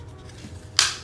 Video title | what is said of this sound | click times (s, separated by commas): Google Home Mini Cord Management Mount Review & Installation - Less clutter More Space | and you can hear it pop into place there. So it's nice and secure. | 0.8 s